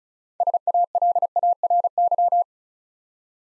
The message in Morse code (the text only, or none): SALARY